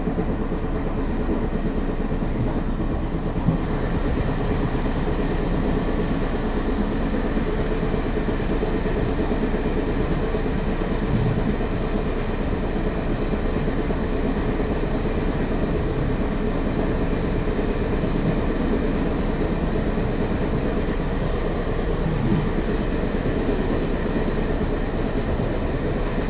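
A train rumbles steadily along the rails, a dense, even low roar with faint rattles and a few brief clanks throughout.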